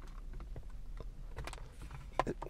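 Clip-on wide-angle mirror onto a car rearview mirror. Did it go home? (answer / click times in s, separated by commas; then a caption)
no / none. A plastic clip-on wide-angle mirror has its spring clips hooked under the bottom of a car's rearview mirror and is stretched upward, hoping it clicks into place. Soft rustling and tapping of handling are heard, with a few sharp plastic ticks around 1.4 to 1.5 seconds and a louder clack at 2.2 seconds. Nothing has clicked yet; the mirror fails to click onto the rearview mirror.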